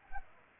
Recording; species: mosquito wingbeat signal from an infrared sensor; Culex pipiens